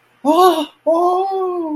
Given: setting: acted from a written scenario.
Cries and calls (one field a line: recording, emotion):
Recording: vocal sound without words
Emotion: positive surprise